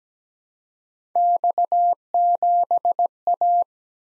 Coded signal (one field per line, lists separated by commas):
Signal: Morse code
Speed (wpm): 17 wpm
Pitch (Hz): 700 Hz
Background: none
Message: X7A